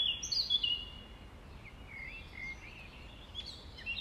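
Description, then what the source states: Common nightingale singing sparse whistled and sweeping phrases, some sliding down then flattening, with pauses between notes over a soft steady background hiss. Nightingales recorded at dawn, around 05:33 on 5 May 2020.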